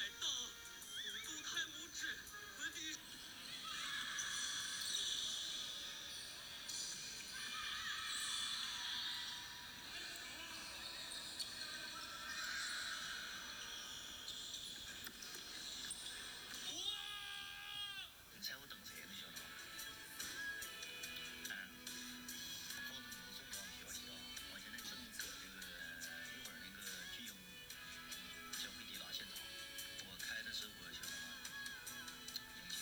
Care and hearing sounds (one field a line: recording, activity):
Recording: daily activity, guitar pickup as the sensor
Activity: browse video